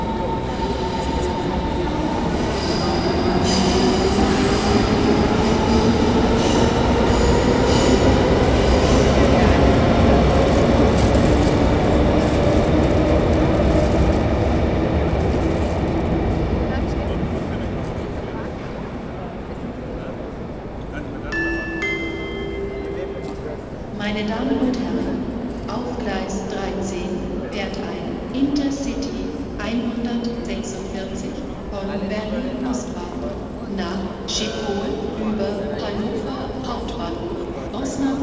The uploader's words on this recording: Atmosphere Hauptbahnhof (Berlin, September 23th 2010). General atmosphere while waiting on a platform at the train station.